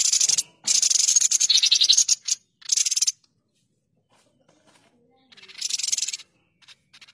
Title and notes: Pijantung Gunung Gacor Jernih Panjang. Masteran burung